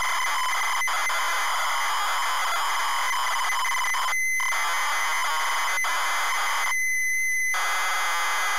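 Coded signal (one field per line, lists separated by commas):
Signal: ZX Spectrum tape loading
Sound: harsh buzzing data screech, interrupted twice by short steady tones, then screeching resumes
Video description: ZX Spectrum load up and quick game play of Auf Wiedersehen Monty loaded up using a zx spectrum +3 with a wh smith cpd8300 cassette player.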